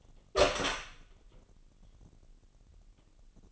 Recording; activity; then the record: daily activity, microphone in the room; open door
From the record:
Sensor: 4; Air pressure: 999.2 hPa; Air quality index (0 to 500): 115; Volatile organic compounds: 2 ppm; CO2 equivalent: 1138 ppm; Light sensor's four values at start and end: 13/31/12/13 and 13/33/13/14